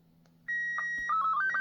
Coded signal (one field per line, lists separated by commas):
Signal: SSTV (slow-scan television)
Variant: Robot 36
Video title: SSTV - Easy , VGC N76